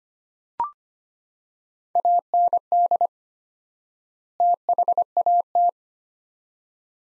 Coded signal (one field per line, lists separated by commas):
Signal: Morse code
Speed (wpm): 25 wpm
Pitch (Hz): 700 Hz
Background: none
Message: AND THAT